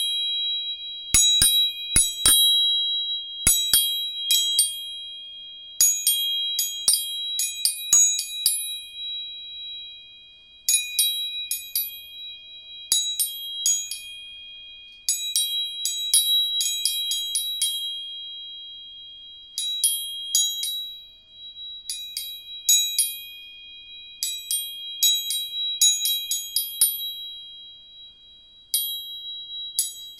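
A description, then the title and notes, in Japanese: Three tuning forks are struck again and again, each sharp metallic tap starting a clear, steady ringing tone high in pitch that hangs on between strikes. Taps come in quick clusters, with brief pauses near 10, 20 and 28 seconds, in a quiet, close setting. 音叉チューニング3本。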